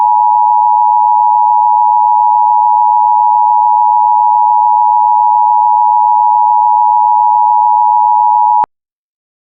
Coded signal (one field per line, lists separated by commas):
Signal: Emergency Alert System (SAME) tones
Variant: 853 and 960 Hz attention tone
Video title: [EAS Scenario 2] Escondido Explosion